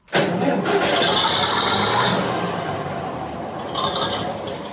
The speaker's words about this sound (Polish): odgłosy pracy silnika. Silnika benzynowego albo diesla.